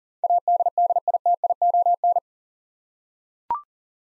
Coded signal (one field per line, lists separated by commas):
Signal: Morse code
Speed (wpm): 37 wpm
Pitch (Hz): 700 Hz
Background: none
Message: ADDITION